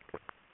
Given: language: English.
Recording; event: throat vibration sensor signal played as sound; swallow